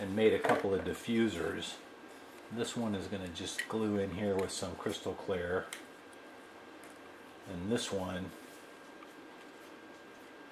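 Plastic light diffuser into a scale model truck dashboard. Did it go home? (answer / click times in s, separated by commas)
no / none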